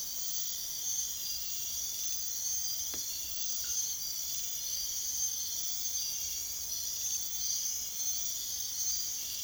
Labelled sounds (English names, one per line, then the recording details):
none
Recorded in secondary vegetation near Puerto Asís, Putumayo, Colombia, on 22 June 2025 at 01:30
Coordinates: 0.500, -76.326
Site GP08